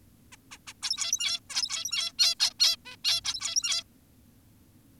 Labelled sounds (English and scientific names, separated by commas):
Zebra Finch (Taeniopygia guttata)